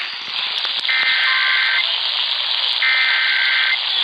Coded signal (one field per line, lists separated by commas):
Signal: Emergency Alert System (SAME) tones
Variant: header bursts